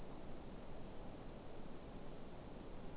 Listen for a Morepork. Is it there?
no